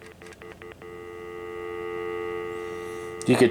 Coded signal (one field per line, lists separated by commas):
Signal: telephone call progress tone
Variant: North America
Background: speech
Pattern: dial tone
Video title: A bunch of Landline Telephones